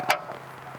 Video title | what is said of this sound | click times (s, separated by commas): DiamondBack Tonneau Cover Install On A 2022 Jeep Gladiator Rubicon JT Diesel | and they just snap into place | 0.1 s